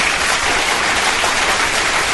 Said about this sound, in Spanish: Yeah, un fuerte aplauso, por favor.